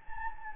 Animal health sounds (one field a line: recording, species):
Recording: mosquito wingbeat signal from an infrared sensor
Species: Anopheles gambiae